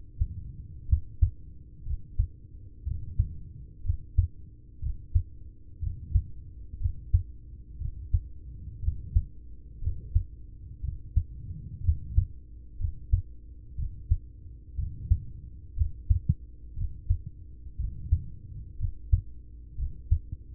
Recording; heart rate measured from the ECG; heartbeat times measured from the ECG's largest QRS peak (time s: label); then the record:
heart sounds by stethoscope; 60 bpm
0.85 s: heartbeat
1.82 s: heartbeat
2.83 s: heartbeat
3.81 s: heartbeat
4.79 s: heartbeat
5.79 s: heartbeat
6.77 s: heartbeat
7.77 s: heartbeat
8.79 s: heartbeat
9.79 s: heartbeat
10.80 s: heartbeat
11.80 s: heartbeat
12.76 s: heartbeat
13.74 s: heartbeat
14.75 s: heartbeat
15.73 s: heartbeat
16.73 s: heartbeat
17.76 s: heartbeat
18.76 s: heartbeat
19.75 s: heartbeat
From the record:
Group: heart failure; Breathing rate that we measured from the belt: 21 breaths a minute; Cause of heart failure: ischemic heart disease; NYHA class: 1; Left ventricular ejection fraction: 33%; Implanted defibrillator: present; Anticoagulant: apixaban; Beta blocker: carvedilol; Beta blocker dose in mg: 18.75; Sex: male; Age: 39 years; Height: 168 cm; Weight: 72 kg